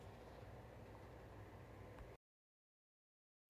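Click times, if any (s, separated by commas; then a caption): none. A plastic position-sensor puck, tapered side up, is handled to be slid down over the actuator spindle of an ELEMENT control valve for mounting a Type 8692 positioner. A steady broadband rumble with low hum runs for about 2.2 seconds, then the sound drops out to silence until a brief return of noise at the very end. Nothing has snapped on or seated yet.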